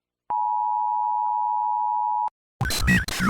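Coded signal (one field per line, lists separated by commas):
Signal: Emergency Alert System (SAME) tones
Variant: 853 and 960 Hz attention tone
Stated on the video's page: Fictional EAS scenario, self-made.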